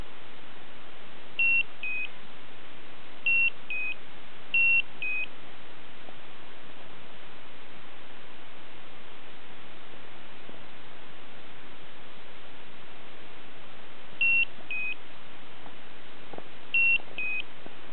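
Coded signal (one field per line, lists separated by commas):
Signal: beep code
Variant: Slendertone toning belt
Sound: repeated two-note beep-bep pairs, high then slightly lower, at irregular intervals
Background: steady background hiss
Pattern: 2 short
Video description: Slendertone Mens Abs is annoying: the beep-bep sound doesn't have any logic or sense. It keeps going. It's not warning, no alert.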